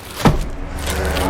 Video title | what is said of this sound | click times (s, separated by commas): Detail Review - XUV7OO - Exterior - Interior - Tamil - Bala - TEDS Vlogger | இது வந்து normal lock பண்ணால் உங்களுக்கு இவ்வளோ லாக் ஆகும். | 0.2 s, 1.2 s